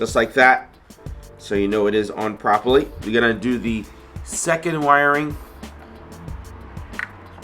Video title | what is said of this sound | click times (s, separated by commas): Carbon Front Center Lower Lip | same thing you're gonna hear that positive click once that's in properly | 7.0 s